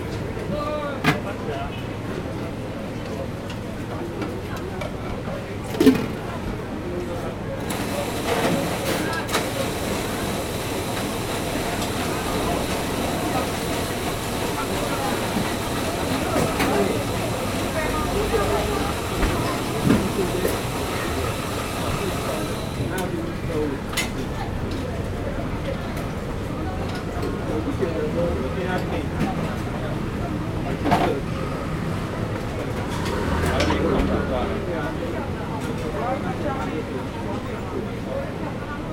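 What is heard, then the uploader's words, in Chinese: A busy night market hums with a dense, steady crowd of overlapping voices, with no single speaker standing out. Brief clacks and knocks punctuate it near 1, 6, 31 and 34 seconds, and a thin high hiss rises between about 8 and 23 seconds. 基隆廟口夜市沈記泡泡冰。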